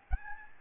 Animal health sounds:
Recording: mosquito wingbeat signal from an infrared sensor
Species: Aedes albopictus

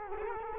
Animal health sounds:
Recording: mosquito wingbeat signal from an infrared sensor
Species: Culex quinquefasciatus

